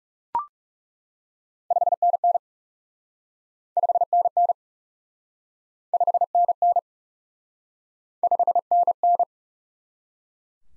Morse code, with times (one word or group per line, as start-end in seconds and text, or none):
1.7-2.4 5NN
3.8-4.5 5NN
5.9-6.8 5NN
8.2-9.2 5NN